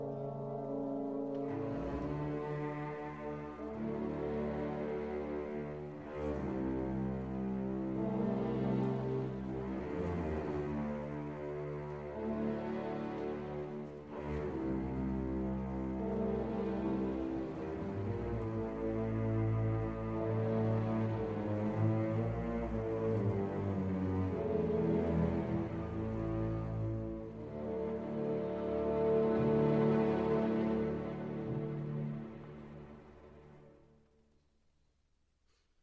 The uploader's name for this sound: Warm Instrumental & Cozy Coffee Shop Ambience